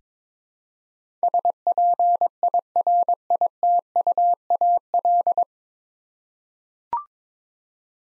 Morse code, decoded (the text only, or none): SPIRITUAL